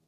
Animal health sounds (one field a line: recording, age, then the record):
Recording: pig call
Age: piglet (1 to 25 days)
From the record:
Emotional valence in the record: positive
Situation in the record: short reunion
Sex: male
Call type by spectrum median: low-frequency call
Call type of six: low-frequency stable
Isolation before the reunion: 3 minutes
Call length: 0.08 s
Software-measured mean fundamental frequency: 31 Hz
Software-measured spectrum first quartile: 232 Hz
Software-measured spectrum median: 1163 Hz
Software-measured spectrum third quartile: 10642 Hz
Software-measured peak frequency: 147 Hz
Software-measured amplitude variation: 34 dB a second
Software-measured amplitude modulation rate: 6.5 a second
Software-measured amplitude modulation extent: 5.3 dB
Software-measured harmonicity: 9.8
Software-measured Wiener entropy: -2.77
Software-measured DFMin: 1149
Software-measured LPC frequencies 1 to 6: 2515, 4331, 6109, 6873, 7863, 8950 Hz